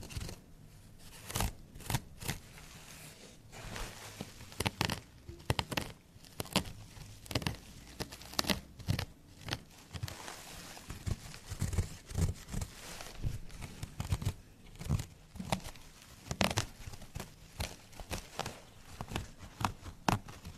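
Small scratching strokes across carpet, wood and plastic come in dense, irregular bursts of dry, crackly rasps, with brief pauses between clusters.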